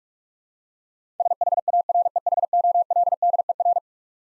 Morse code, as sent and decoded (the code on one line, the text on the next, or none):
... .... .- .-. . .... --- .-.. -.. . .-.
SHAREHOLDER